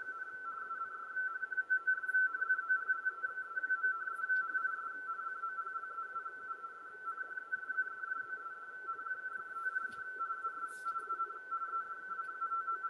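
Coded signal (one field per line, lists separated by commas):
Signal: RTTY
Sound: continuous fast warbling between two close tones, steady teletype chatter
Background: radio static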